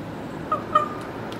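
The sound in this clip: Raven giving two short, clear squawks a quarter second apart, tonal with faint harmonics, over a steady low hiss.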